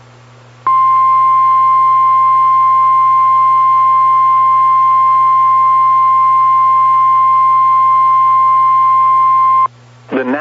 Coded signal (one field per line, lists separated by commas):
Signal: Emergency Alert System (SAME) tones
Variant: 1050 Hz attention tone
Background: speech